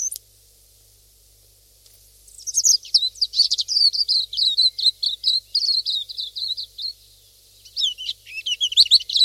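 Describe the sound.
Pleci silvereye calls: rapid, high, thin chirping notes in a busy twittering run of about five seconds, a short pause, then a further burst of sharp chirps.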